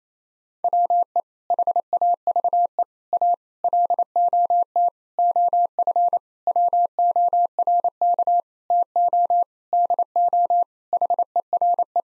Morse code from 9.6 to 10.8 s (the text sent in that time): DO